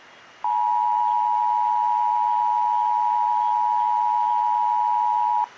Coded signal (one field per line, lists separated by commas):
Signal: Emergency Alert System (SAME) tones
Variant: 853 and 960 Hz attention tone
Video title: EAS 834 SVR NWS Lake Charles